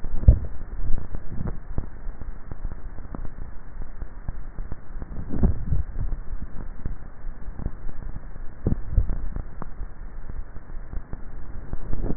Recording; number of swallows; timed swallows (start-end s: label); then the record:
swallowing sounds by neck microphone; 3
0.25-1.02 s: swallow
5.62-6.15 s: swallow
8.82-9.38 s: swallow
From the record:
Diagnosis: dysphagia